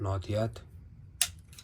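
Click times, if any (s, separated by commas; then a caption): 1.2 s. A carbon brush is pushed with a flat screwdriver through the hole in the motor housing into the brush holder of a Blomberg 371202407 washing machine motor, replaced because the washer does not spin. Someone talks briefly at the start, then a sharp click at 1.2 s marks the brush latching and seating in its holder.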